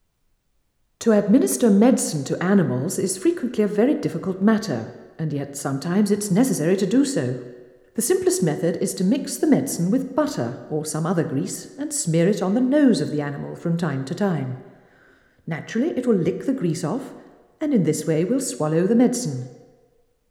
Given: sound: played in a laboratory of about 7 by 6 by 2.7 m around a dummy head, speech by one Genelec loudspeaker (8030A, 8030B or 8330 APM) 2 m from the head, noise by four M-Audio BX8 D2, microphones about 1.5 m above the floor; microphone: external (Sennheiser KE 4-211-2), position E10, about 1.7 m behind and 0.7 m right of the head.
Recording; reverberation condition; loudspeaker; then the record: female speech in English; high; 150 degrees to the right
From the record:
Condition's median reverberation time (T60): about 1300 ms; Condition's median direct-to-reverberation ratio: about -4.0 dB